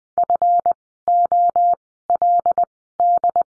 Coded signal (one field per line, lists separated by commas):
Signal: Morse code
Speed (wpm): 20 wpm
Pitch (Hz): 700 Hz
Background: none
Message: FOLD